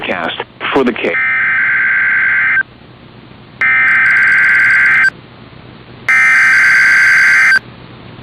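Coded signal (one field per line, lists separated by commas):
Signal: Emergency Alert System (SAME) tones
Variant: header bursts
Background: speech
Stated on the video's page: Required Weekly Test on NOAA Weather Radio, audio recorded off Weather Underground.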